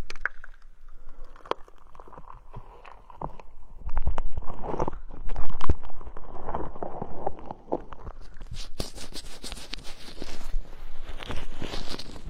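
Ear cleaning sounds: scratchy rubbing and sharp little clicks in an irregular stream. It starts sparse and quiet, grows louder around four seconds, and after about eight and a half seconds turns brighter and denser, with crackly scraping that continues to the end.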